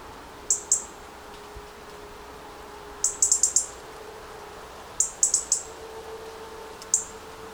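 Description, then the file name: European robin giving very high, sharp ticking notes, singly, in pairs and in quick bursts of four or five, over a faint steady low hum. "Erithacus rubecula"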